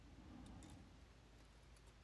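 A metal snap ring is pushed up the rear wheel drive shaft of a Honda lawn mower toward its groove, as part of fixing a mower that will not roll backwards. Faint metallic ticks at about 0.6 s and 1.8 s rise over a steady low rumble. Nothing has seated or snapped into the groove yet.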